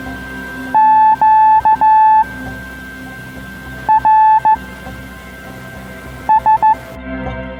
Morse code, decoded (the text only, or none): QRS